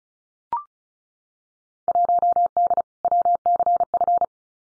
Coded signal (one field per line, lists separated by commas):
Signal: Morse code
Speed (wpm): 34 wpm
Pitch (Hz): 700 Hz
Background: none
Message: 1D WCF